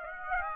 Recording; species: mosquito wingbeat signal from an infrared sensor; Aedes aegypti